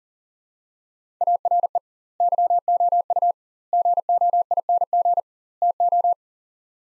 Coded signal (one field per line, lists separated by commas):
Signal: Morse code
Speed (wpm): 40 wpm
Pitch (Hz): 700 Hz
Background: none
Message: ARE YOU GOING TO